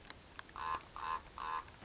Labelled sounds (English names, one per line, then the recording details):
Common Raven
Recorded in Sonoma County, California